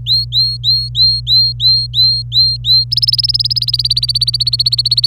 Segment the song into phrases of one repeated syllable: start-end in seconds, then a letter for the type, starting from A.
0.06-2.84 A, 2.91-5.07 B